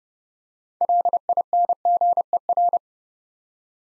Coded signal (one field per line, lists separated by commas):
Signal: Morse code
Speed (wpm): 30 wpm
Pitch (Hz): 700 Hz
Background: none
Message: LINGER